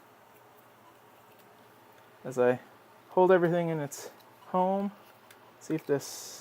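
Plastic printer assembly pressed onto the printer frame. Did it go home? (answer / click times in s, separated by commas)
no / none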